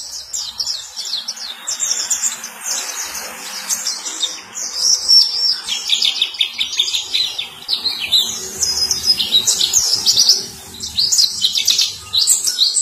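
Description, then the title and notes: White-eye song, a long rapid run of high thin twittering notes, sweeping and chattering continuously with brief pauses near five and ten seconds. Sweet long song. "Kicau Burung Pleci ampuh. suara burung pleci merdu panjan"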